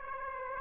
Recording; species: mosquito wingbeat signal from an infrared sensor; Aedes aegypti